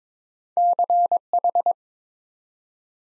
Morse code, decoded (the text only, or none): CH